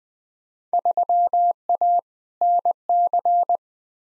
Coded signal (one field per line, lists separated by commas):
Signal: Morse code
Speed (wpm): 20 wpm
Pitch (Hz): 700 Hz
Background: none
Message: 3A NC